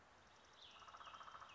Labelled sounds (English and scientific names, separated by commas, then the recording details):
Cassin's Vireo (Vireo cassinii)
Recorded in Sonoma County, California